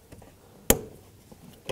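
The quick-connect fitting on a 2003-2007 Nissan Murano's fuel pressure line is pressed onto the fuel pump module nipple and locks on with one sharp, loud click at 0.7 s. Faint ticks come before it, and a smaller tap is heard near the end. The line is confirmed seated.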